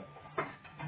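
A plastic water reservoir is slid in behind a Qilive Multi Coffee 3-in-1 capsule coffee machine, model Q5720, onto its mount and pushed home. It clicks into place with a short, sharp hit at 0.4 s, and the tank is seated.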